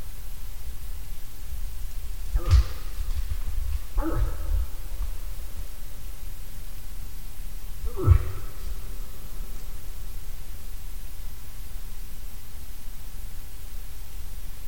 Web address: hirvi lauri hallikainen. nisakkaiden-aania-7-osa-hirvi